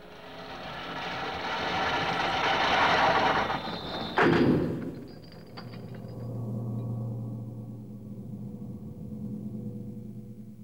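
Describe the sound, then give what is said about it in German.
A drawbridge is lowered: a loud, steady rattling and grinding of chains for several seconds ends in a heavy thud, followed by a lower, fainter mechanical rumble that fades out. “Die Zugbrücke.”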